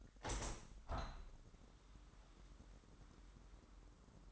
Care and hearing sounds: daily activity, microphone in the room; open window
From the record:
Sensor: 3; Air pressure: 998.5 hPa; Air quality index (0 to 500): 142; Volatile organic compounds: 4 ppm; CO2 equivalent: 1700 ppm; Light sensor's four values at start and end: 9/21/9/9 and 9/21/9/10

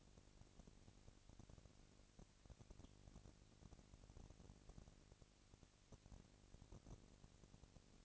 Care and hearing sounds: daily activity, microphone in the room; no activity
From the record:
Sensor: 4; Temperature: 22.3 degrees Celsius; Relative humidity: 31.9%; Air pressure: 998.0 hPa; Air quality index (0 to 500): 203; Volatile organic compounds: 17 ppm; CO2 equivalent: 2570 ppm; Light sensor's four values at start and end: 2/3/1/1 and 2/3/1/1

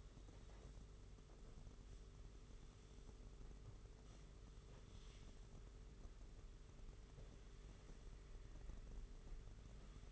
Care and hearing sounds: daily activity, microphone in the room; sweep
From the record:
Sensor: 4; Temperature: 27.1 degrees Celsius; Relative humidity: 38.3%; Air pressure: 992.2 hPa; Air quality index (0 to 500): 110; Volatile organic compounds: 18 ppm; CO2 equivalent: 2631 ppm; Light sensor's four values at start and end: 23/79/29/31 and 23/79/29/31

